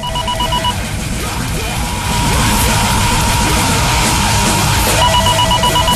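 A loud, dense metal song by a band whose vocalist is a parrot, with distorted guitars and pounding low end, topped by shrill, squawking parrot vocals and piercing ringing tones at the start and end. No one talks over it.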